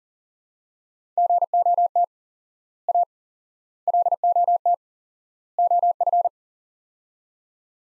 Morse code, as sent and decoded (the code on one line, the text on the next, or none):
--. --- - / .- / .-.. --- - / --- ..-.
GOT A LOT OF